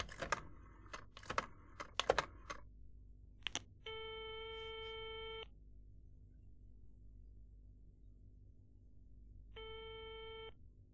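dialing a telephone number

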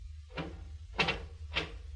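door opening

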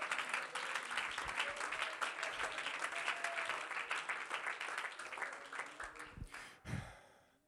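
audience clapping hands

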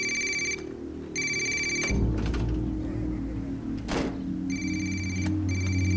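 phone ringing unanswered

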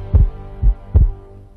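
heartbeat sound effect

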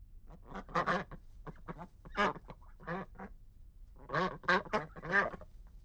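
duck quacking

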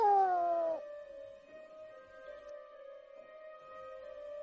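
cat meowing

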